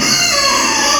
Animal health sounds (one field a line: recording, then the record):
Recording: squeal of a Yucatan mini pig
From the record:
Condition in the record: before surgery on the right vocal fold (resection and tissue-engineered implant)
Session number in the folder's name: 2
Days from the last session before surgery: 0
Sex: male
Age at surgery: 12 weeks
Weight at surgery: 13 kg